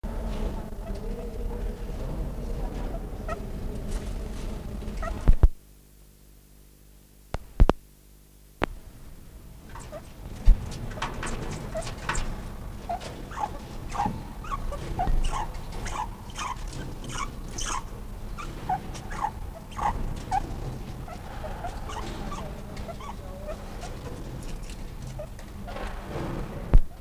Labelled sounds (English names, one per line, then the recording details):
Banded Mongoose call
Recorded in captivity
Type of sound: call
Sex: pair
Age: adult
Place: Zoo Berlin, Berlin, DE
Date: 1959-06-26 18:30
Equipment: Reporter (Vollspur)
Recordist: Tembrock, Günter
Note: Einzellaute und Paar im Kontakt: Trillern. Abstand: 0,5 m